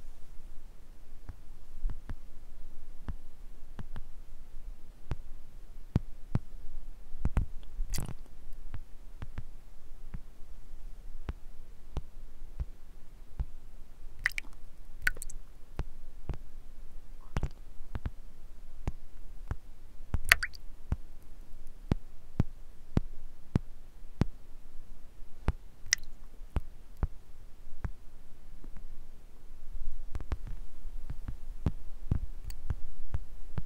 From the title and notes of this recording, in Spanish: Sonidos muy relajantes de gotas cayendo, pulverizadores de agua y más.